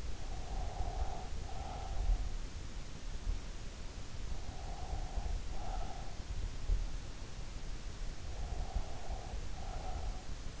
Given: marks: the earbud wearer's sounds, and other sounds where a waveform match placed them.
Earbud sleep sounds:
sounds in sleep by an in-ear microphone; breath
0.00-2.36 s: breath
4.30-6.40 s: breath
8.14-10.60 s: breath

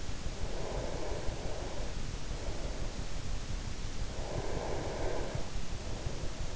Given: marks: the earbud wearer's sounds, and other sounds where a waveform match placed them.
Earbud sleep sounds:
sounds in sleep by an in-ear microphone; breath
0.40-2.71 s: breath
3.82-6.21 s: breath

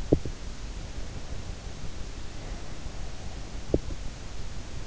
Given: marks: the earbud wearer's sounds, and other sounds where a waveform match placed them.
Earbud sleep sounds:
sounds in sleep by an in-ear microphone; teeth grinding
0.00-0.65 s: teeth grinding
3.57-4.16 s: teeth grinding

